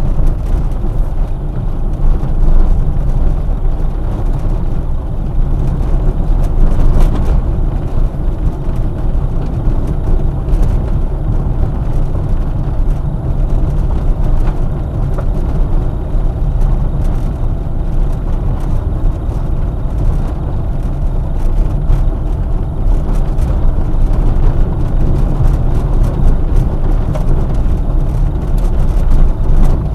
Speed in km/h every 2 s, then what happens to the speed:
18, 22, 25, 24, 23, 24, 25, 25, 25, 25, 25, 26, 25, 25, 23.
0-4 speeds up to 25. 4-30 steady at about 25.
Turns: none.